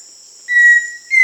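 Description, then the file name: Pheasant cuckoo clear whistled note, held briefly then followed by a second slightly higher whistle, with a continuous high-pitched insect hum behind. Recorded in Peru, Amazon region. "Pheasant Cuckoo (Dromococcyx phasianellus), Peru"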